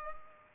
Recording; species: mosquito wingbeat signal from an infrared sensor; Culex pipiens